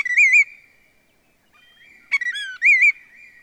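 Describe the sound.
Willet giving loud wavering whistled phrases with a quieter gap between them.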